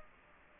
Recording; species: mosquito wingbeat signal from an infrared sensor; Anopheles gambiae